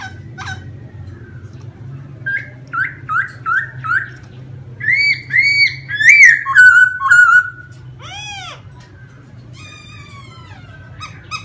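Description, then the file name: Laughingthrush giving a row of short whistled notes, a loud flowing whistled phrase, then arching sweeps and scattered notes, low hum throughout. Wild-type singing in the song style called 'giọng rừng' (forest voice). "Tieng khuou hot giong rung"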